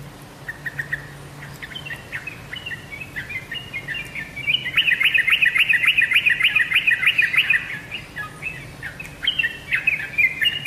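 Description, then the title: Oriental magpie-robin song with scattered whistled notes, then a fast, even trill of repeated sharp notes for about three seconds, followed by more varied whistles. "Kicau Kacer"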